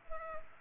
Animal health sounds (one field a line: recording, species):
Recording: mosquito wingbeat signal from an infrared sensor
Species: Culex pipiens